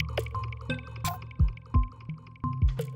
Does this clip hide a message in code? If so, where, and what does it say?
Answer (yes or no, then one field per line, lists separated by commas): no